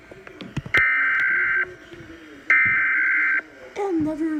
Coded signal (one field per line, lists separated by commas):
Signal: Emergency Alert System (SAME) tones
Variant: header bursts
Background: speech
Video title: EAS #82 Required Monthly Test